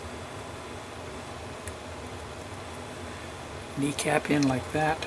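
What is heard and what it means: A plastic kneecap piece is handled and fed into a model leg, with a low steady background hiss and a brief faint tick at about 1.7 s. Someone talks from about 3.8 s to the end. Nothing has seated or clicked yet.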